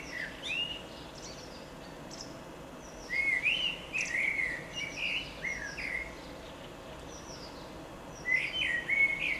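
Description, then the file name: Common blackbird: a brief phrase, then a longer warbled run of rich whistles with high scratchy ends, and another phrase starting near the close; faint background hiss throughout. "Koltrast"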